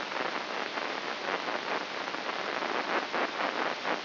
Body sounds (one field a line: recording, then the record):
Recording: brain microelectrode recording played as sound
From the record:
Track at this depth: inside the subthalamic nucleus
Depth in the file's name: 4.883 mm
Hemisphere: left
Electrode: 3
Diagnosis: Parkinson's disease